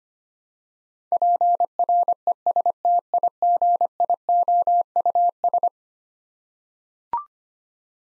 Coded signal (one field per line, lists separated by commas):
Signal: Morse code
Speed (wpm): 25 wpm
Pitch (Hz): 700 Hz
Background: none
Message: PRESTIGIOUS